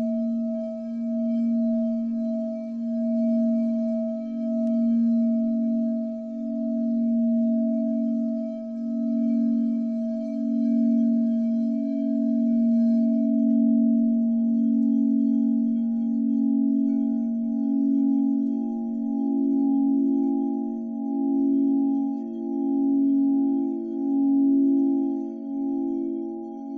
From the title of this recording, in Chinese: 水晶钵音乐